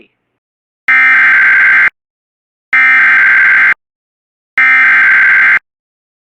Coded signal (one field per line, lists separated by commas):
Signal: Emergency Alert System (SAME) tones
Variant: header bursts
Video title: Part of RWT for Hawaii + SVR for parts of Canada! (EAS #145-146)